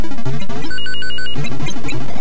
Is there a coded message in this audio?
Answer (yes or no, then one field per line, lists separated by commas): no